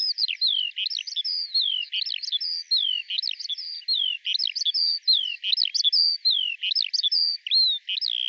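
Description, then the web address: Bird calling in repeated phrases of quick rising chirps followed by a downward whistled slur, looping steadily throughout. "Deverinetal 2025 File cleaned normalized Bird Al Ar"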